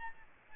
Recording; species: mosquito wingbeat signal from an infrared sensor; Aedes albopictus